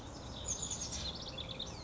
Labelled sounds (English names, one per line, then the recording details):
House Wren
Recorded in Sonoma County, California